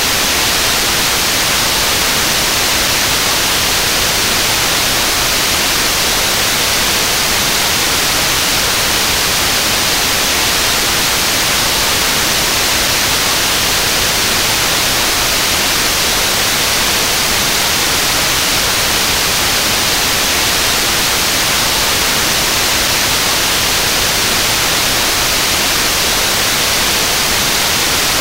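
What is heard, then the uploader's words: Soft white noise hisses evenly for the whole stretch, a smooth, unbroken wash with no events or pauses. The sound leans bright and airy, strongest in the upper range with a thinner low end, and its level never rises or falls. Soft White Noise.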